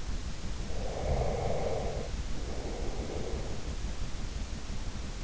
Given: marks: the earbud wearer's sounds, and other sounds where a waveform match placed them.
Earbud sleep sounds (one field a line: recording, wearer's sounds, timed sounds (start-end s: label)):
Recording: sounds in sleep by an in-ear microphone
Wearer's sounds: breath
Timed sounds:
0.31-3.95 s: breath